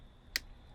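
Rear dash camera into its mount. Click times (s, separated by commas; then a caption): 0.4 s. A VIOFO A229 Duo 2K + 2K rear dash camera is pushed into its windshield mount bracket until it clicks. A single sharp, bright click is heard at 0.4 s against a quiet background. The camera snaps in and is seated in the mount.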